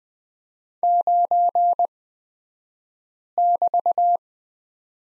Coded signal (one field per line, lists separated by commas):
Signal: Morse code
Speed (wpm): 20 wpm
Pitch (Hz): 700 Hz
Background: none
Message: 9<BT>